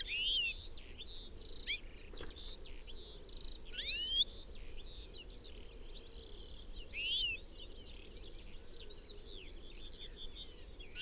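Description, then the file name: European goldfinch calls, loud sweeping harmonic notes repeated three times, set against busy twittering in the background. "Carduelis carduelis"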